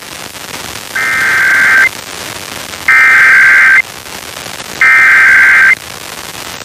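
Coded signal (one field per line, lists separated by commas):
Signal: Emergency Alert System (SAME) tones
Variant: header bursts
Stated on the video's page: Pennsylvania required monthly tests recorded off several FM radio stations and translators.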